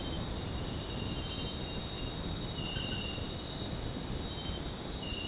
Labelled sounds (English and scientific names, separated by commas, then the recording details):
none
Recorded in dense forest near Puerto Asís, Putumayo, Colombia, on 18 February 2024 at 23:30
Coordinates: 0.503, -76.322
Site G6418